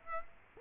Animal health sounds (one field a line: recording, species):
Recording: mosquito wingbeat signal from an infrared sensor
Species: Aedes aegypti